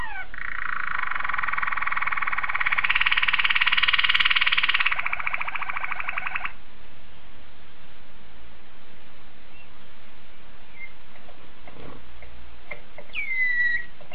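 Domestic canary delivering a loud, rapid, buzzy trill for over six seconds, followed by quiet with a few faint scattered notes and a brief whistle at the end.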